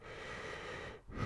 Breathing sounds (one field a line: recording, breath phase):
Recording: one breath near a microphone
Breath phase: inhalation